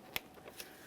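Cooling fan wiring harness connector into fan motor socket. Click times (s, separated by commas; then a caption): 0.2 s. On a 2017–2024 GMC Acadia's radiator cooling fan assembly, the cooling fan wiring harness connector is pressed into the fan motor socket. A sharp click at 0.2 s is followed by two fainter ticks. The connector seats and is then tugged to check that it is secured.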